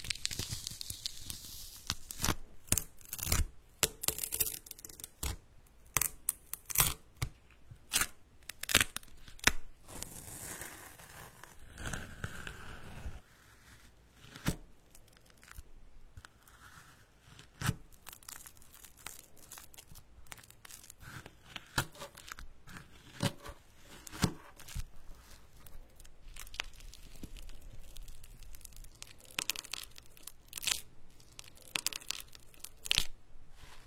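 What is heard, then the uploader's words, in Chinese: Bananas, oranges and pomegranates are peeled and handled. Sharp, crisp tearing and crinkling snaps come irregularly, often several a second, with a longer, softer rip around ten to thirteen seconds and faint hush between. 香蕉、橙子、石榴的声音。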